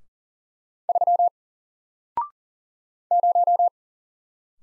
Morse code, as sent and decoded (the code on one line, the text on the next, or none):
...-- / -----
3 0